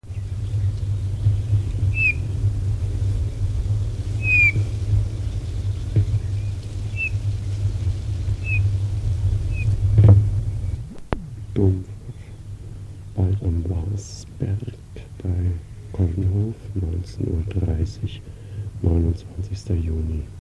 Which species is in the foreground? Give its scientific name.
Pyrrhula pyrrhula